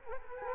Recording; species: mosquito wingbeat signal from an infrared sensor; Culex quinquefasciatus